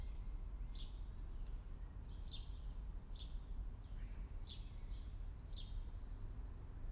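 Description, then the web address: Songbird chirps, crisp downward-sweeping notes every second or so, some paired, over a continuous low hum of traffic. Early morning song birds on a city avenue in Paris, France, with distant traffic. "Tom Hutchings Europe France Paris City Avenue Early Morning Song Birds Distant Traffic"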